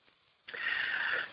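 An adult male's vocal tic: a throat clearing, a short harsh burst of noise, from Tourette syndrome, a neurological disorder diagnosed at age 7 that causes uncontrollable movements and sounds. Heard over the phone.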